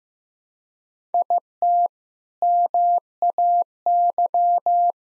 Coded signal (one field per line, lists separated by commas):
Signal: Morse code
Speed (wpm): 16 wpm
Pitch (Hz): 700 Hz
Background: none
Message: IT MAY